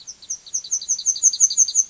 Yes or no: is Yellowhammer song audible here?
yes